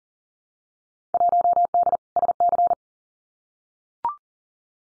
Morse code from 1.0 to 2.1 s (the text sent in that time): 1D